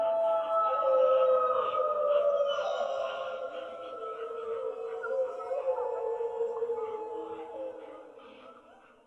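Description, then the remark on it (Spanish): Wolves howl in long, drawn-out tones that glide slowly up and down in pitch, several voices overlapping and wavering for about nine seconds before fading out. “cuesta a mí mucho trabajo al principio distinguir el lobo de la cantante.”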